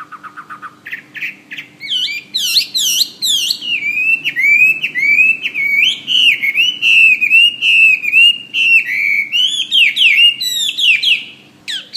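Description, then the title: Bird song of rapid clipped chirps and wavering whistles, steady and energetic, delivered in a near-continuous flowing stream of notes. "SuaraBurung Kicau"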